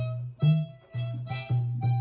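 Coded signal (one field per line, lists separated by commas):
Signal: none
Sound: harmonica notes in music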